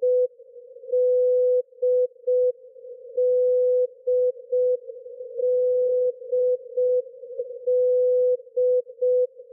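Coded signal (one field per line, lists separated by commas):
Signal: channel marker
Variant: D marker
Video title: Russian "D Marker" at 13527 kHz in CWN mode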